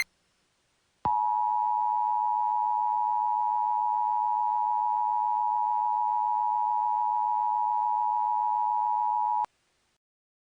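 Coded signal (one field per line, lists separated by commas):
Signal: Emergency Alert System (SAME) tones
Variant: 853 and 960 Hz attention tone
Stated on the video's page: Entirely fake EAS scenario about a zombie apocalypse.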